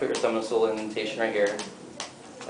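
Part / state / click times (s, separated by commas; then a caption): outer cover of a dry-powder inhaler sliding into its open position / seated / 2.0 s. Someone talks while placing a thumb on the small indentation of a dry-powder disc inhaler and sliding its plastic outer cover open. A sharp click lands at 2.0 s as the cover seats in its open position, followed by a fainter tick around 2.4 s.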